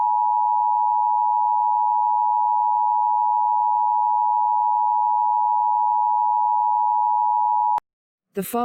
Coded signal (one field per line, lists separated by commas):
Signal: Emergency Alert System (SAME) tones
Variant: 853 and 960 Hz attention tone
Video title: EAS Scenario: Smokey and the Bandit